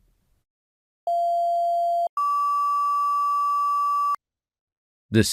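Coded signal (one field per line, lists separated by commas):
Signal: two-tone page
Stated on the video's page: Two-tone (fire tone out) calling test signals generated by a Rohde & Schwarz CMA180 radio test set for testing two-way radios.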